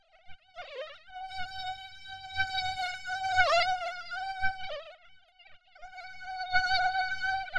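Mosquito buzz, a thin high whine that swoops down and back several times, fades out briefly, then returns, over soft low thumps.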